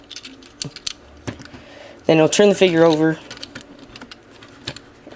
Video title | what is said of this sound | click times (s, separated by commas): Universe Sunstreaker | Then you'll fold this section down like so, and make that snap into place. | 0.9 s